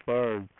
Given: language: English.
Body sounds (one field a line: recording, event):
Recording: throat vibration sensor signal played as sound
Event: speech